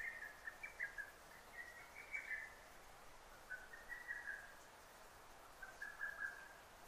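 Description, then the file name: Lesser cuckoo song, a run of short whistled notes in brisk phrases, fainter and partly blurred by a constant background hiss. Recorded on 6 June 2009. "hototogisu-20090606"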